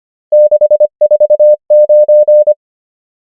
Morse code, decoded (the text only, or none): 6 4 9